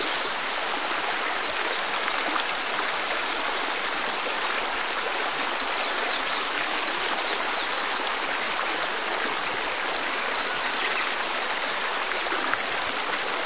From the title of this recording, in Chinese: 大自然的声音